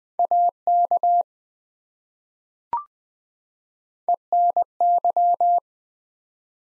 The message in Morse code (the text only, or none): AK ENY